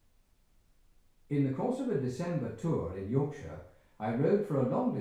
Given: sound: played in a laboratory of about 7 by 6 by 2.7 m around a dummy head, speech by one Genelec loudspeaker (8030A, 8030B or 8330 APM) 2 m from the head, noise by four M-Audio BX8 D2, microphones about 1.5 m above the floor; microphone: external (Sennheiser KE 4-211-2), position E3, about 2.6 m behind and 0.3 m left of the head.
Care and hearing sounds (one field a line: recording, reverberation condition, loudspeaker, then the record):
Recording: male speech in English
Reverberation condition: medium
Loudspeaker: 150 degrees to the left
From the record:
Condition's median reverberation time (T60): about 510 ms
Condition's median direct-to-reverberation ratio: about -0.5 dB